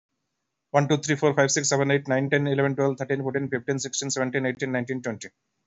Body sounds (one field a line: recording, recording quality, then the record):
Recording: counting at a fast pace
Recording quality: excellent, no background noise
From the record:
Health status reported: healthy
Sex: male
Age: 33 years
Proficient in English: yes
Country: India